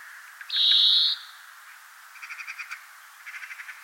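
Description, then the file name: European greenfinch giving one drawn-out, buzzy, nasal wheeze, then soft quick twittering notes in two short bursts. "Chloris chloris"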